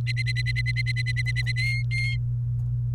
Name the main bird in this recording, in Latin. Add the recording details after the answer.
Serinus canaria. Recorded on 28 April 2018 at 11:44. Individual llb3